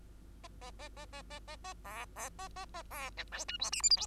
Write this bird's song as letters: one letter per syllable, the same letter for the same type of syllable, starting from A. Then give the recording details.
A A A A A A A A B B A A A B C D E F G H I J. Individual Bird2